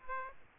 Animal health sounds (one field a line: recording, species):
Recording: mosquito wingbeat signal from an infrared sensor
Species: Aedes aegypti